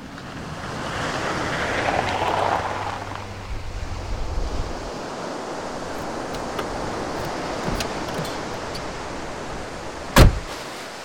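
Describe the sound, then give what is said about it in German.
A large car arrives, its engine rumbling low for the first few seconds, then fading into steady surf and wind noise, with a sharp knock near the end. “Da kommt ein großes Auto.”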